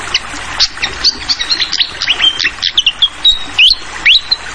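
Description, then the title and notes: Fantail sings bright whistles, several rising sharply and one held steady, scattered over a steady background of running water. Made as masteran (song tutoring for songbirds); clear voice mixed with the sound of flowing water; local name sikatan londo. "Masteran Sikatan Kipas Suara Jernih Dan Suara Gemericik Air. Suara Burung Sikatan Londo"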